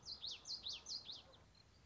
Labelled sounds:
Common Yellowthroat (Geothlypis trichas)
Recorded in Sonoma County, California

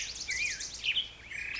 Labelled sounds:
Black-headed Grosbeak (Pheucticus melanocephalus)
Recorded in Sonoma County, California

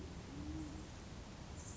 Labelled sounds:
Band-tailed Pigeon (Patagioenas fasciata)
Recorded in Sonoma County, California

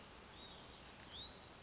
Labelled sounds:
Hutton's Vireo (Vireo huttoni)
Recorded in Sonoma County, California

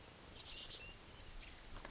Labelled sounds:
Oak Titmouse (Baeolophus inornatus)
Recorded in Sonoma County, California

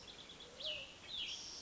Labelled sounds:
Cassin's Vireo (Vireo cassinii)
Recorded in Sonoma County, California

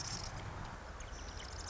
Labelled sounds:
Marsh Wren (Cistothorus palustris)
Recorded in Sonoma County, California

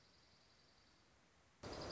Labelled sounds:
Dark-eyed Junco (Junco hyemalis)
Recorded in Sonoma County, California

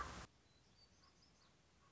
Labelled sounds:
Common Raven (Corvus corax)
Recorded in Sonoma County, California

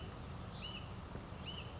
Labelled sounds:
Hutton's Vireo (Vireo huttoni)
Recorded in Sonoma County, California

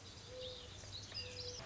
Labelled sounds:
Mourning Dove (Zenaida macroura)
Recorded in Sonoma County, California

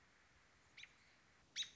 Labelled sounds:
American Robin (Turdus migratorius)
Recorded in Sonoma County, California

